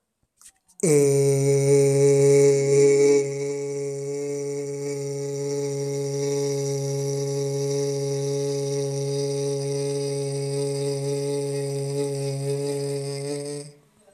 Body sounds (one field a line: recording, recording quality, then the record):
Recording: sustained vowel as in made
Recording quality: excellent, no background noise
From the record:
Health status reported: healthy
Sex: male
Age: 25 years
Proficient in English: yes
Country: India